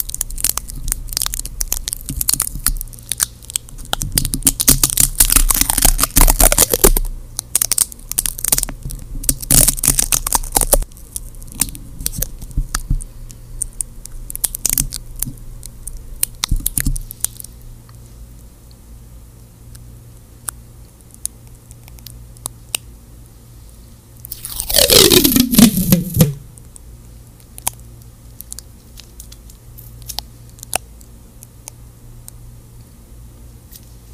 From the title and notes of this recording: ASMR | stickers + tape + gloves (no talking).